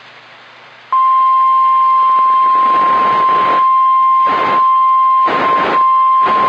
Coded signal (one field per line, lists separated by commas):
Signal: Emergency Alert System (SAME) tones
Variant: 1050 Hz attention tone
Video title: EAS #51 - Tornado Warning for my county (3/18/2021)